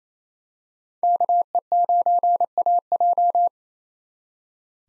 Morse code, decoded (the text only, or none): KE9AJ